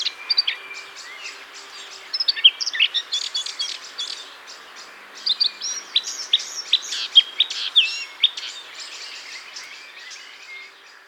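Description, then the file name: Eurasian blackcap giving a fast, scratchy warbling run of high chirps and twittering notes, busiest in the middle seconds. "Sylvia atricapilla"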